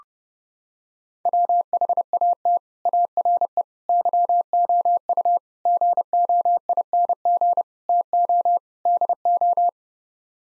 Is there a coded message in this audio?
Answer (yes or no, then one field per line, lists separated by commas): yes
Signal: Morse code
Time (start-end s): 1.3-9.7 s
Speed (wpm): 30 wpm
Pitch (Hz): 700 Hz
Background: none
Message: WHAT ARE YOU GOING TO DO